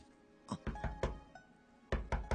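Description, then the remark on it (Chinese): Knocking on a closed door at 8:30, someone asking their master to open it, comes in two bursts, about four sharp, solid raps with a short pause between groups, then three more quick knocks, loud against a quiet background. “师傅，师傅啊，师傅，你肚唔肚饿啊？煮啲嘢俾你食好唔好啊？你开门啦，师傅。”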